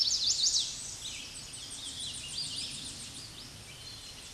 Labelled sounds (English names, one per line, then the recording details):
Hooded Warbler song
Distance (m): 60 m
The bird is about 5 m below the microphone
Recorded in a Pennsylvania forest on 16 May 2024 at 07:16
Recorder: AudioMoth, point MSD-2305
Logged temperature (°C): 16.9 °C
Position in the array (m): 14 m, 153 m